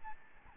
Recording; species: mosquito wingbeat signal from an infrared sensor; Aedes albopictus